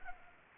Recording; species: mosquito wingbeat signal from an infrared sensor; Anopheles arabiensis